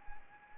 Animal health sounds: mosquito wingbeat signal from an infrared sensor; Anopheles arabiensis

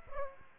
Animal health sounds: mosquito wingbeat signal from an infrared sensor; Aedes aegypti

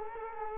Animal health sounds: mosquito wingbeat signal from an infrared sensor; Culex quinquefasciatus

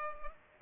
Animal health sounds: mosquito wingbeat signal from an infrared sensor; Culex pipiens

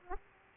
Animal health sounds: mosquito wingbeat signal from an infrared sensor; Aedes aegypti

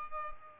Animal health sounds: mosquito wingbeat signal from an infrared sensor; Culex pipiens

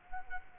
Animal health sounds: mosquito wingbeat signal from an infrared sensor; Culex quinquefasciatus

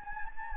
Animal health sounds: mosquito wingbeat signal from an infrared sensor; Anopheles gambiae

